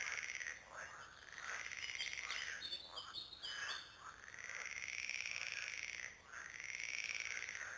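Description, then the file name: Frogs giving long, loud rattling trills that rise and fall, with brief high bird notes in the middle. Several frogs recorded at Lüssow. "luessow froesche"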